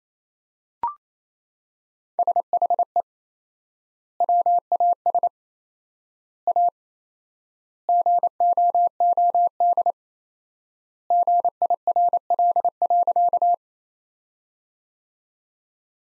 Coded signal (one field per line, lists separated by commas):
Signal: Morse code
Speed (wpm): 27 wpm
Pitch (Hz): 700 Hz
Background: none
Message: SHE WAS A GOOD GIRL.